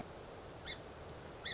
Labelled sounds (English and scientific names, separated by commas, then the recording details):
Song Sparrow (Melospiza melodia)
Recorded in Sonoma County, California